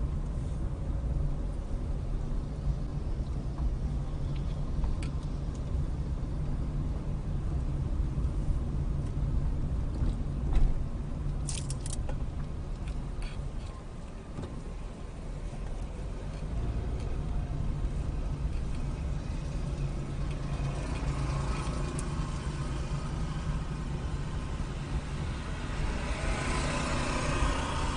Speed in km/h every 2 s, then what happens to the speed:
18, 16, 18, 18, 18, 15, 6, 6, 13, 16, 16, 16, 16, 18.
0-8 steady at about 18. 8-12 slows to 6. 14-18 speeds up to 16. 18-28 steady at about 16.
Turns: 11-18.